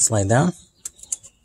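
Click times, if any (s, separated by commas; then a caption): 0.9 s, 1.1 s. Someone talks briefly, then an electrical connector is slid down onto its mounting bracket in the engine bay of a 2005 Honda Pilot EX during a thermostat replacement with a Mahle TX14678D. Its plastic clip snaps into place with sharp clicks at 0.9 s and 1.1 s, and the connector is seated.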